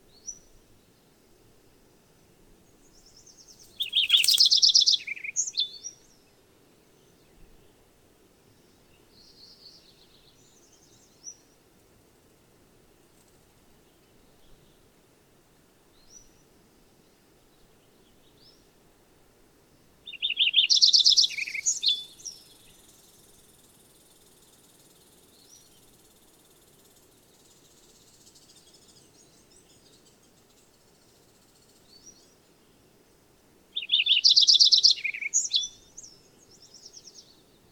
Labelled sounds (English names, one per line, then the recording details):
Lincoln's Sparrow song
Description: Lincoln's Sparrow song recorded from two different birds on the Cow Creek Trail in Rocky Mountain National Park
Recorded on 22 June 2015